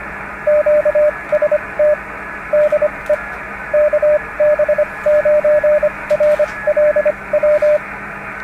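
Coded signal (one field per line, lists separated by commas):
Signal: Morse code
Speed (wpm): 25 wpm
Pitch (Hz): 600 Hz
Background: radio noise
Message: QST DE KB9RLW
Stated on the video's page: Morse signals heard on the air with a home-built Vectronics 1140K receiver kit after alignment.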